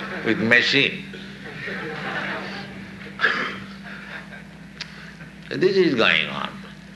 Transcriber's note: laughter